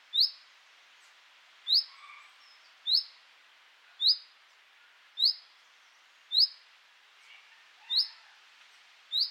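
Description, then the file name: Common chaffinch giving short, bright, sharp call notes, repeated about once every second, eight in all, over a quiet background hiss. "Fringilla coelebs"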